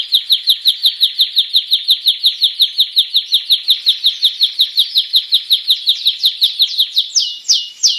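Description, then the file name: Canary singing a loud, very regular trill of repeated notes, nearly three per second, breaking into slurred notes at the end. Song of a Spanish breed canary. "canto do canario raca espanhola"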